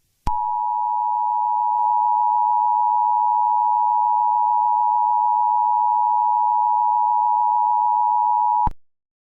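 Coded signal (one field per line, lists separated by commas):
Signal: Emergency Alert System (SAME) tones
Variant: 853 and 960 Hz attention tone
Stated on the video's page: Fictional EAS scenario.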